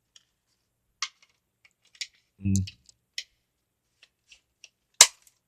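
A plastic attachment is pushed onto a NERF Elite Retaliator foam-dart toy blaster over several tries, giving a series of small plastic clicks and taps while someone briefly talks. At 5.0 s it clicks home with a loud, sharp snap, and the attachment is seated in place.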